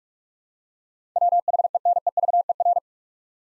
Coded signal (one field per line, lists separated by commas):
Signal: Morse code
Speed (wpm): 46 wpm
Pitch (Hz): 700 Hz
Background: none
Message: WHENEVER